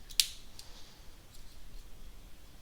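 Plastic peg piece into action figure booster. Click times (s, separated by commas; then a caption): 0.2 s. A plastic peg piece is pushed again into the booster of a Robot Spirits RX-78GP00 Gundam GP00 Blossom (ver. ANIME) action figure and seats with a single sharp, loud click at 0.2 s, after it would not click a moment earlier. A faint tick follows at about 0.6 s, and then only quiet room tone remains as the part sits firmly in place.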